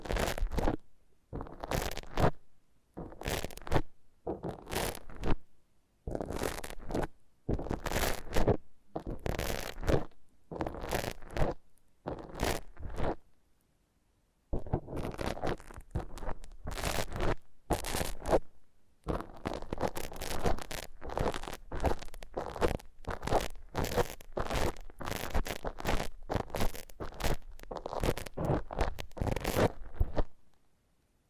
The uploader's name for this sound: Foam Massage